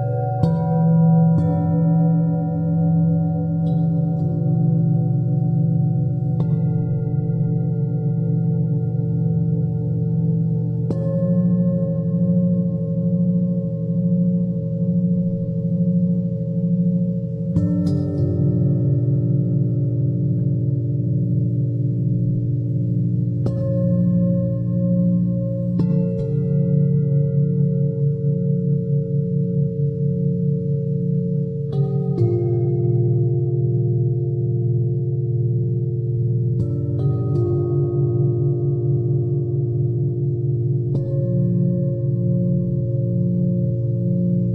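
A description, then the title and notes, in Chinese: Singing bowls ring in a continuous, layered drone, fresh strikes arriving every five or six seconds, their low hum pulsing slowly beneath brighter overtones. 颂钵音疗。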